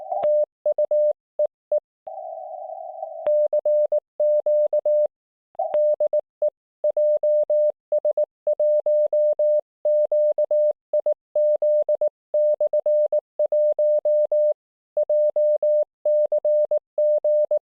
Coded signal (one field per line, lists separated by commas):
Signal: Morse code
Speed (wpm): 19 wpm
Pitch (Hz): 600 Hz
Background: none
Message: TU EE CQ DE JS1QIZ/1 JCG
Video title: 【徒歩キャンプ】30mのワイヤーをもって徒歩キャンプへ・0℃での焚火調理・QRPChatの実態とQRP TopBand